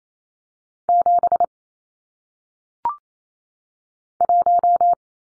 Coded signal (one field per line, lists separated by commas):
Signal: Morse code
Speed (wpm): 28 wpm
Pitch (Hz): 700 Hz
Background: none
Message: 7 1